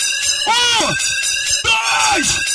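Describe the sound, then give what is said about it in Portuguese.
A live crowd at a show at Planeta Show in 2019 screams and cheers when virgins and singles are asked to shout, a dense, high-pitched roar with two loud swells of shrieking voices rising and falling over a constant wall of crowd noise. “Quem tá solteiro dá o grito também.”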